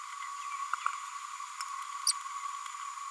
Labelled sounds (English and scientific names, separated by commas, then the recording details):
Green-rumped Parrotlet (Forpus passerinus) babbling
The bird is a female
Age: 32 days
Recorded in a nest box in Venezuela
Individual 17B102A5